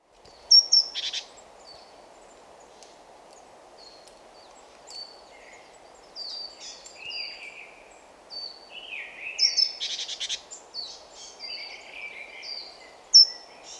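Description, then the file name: Great tit calls: short high whistles and slurred chirps, with two harsh buzzy churrs, one near the start and one past the middle, over soft background noise. "Parus major"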